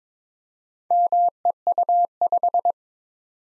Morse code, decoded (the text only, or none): MEU5